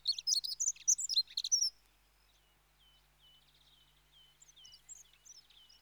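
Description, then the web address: Dunnock song: a rapid, thin, tinkling warble for under two seconds, followed by faint, high, repeated chipping notes over quiet background. "BBC Sound Effects Library. Dunnock (Prunella Modularis)"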